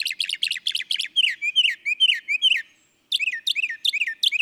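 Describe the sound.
Northern mockingbird song: a fast burst of chattering notes, then repeated slurred whistles, a brief silence and more sharp varied notes.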